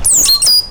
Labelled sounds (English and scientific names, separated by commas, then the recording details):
Stitchbird (Notiomystis cincta) song
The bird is a male
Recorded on Tiritiri Matangi Island, New Zealand, in 2005
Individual 12, of nest box 16